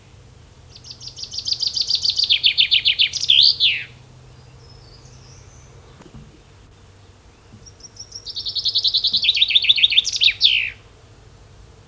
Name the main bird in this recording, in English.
Common Chaffinch